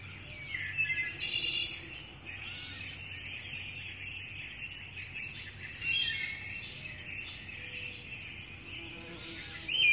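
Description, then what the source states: Birds chirping: many short, high twittering notes and brief whistles scattered throughout, over a steady low hum and soft background noise. Birds chirping in the early morning.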